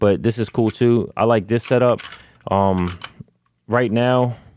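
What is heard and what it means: A compact pistol is handled near a carbon fiber holster it is about to be pushed into, with the holster's retention meant to snap on it, while someone talks. Faint handling sounds sit under the speech, and a brief sharp transient comes at the very end around 4.7 s. Nothing has seated or clicked yet.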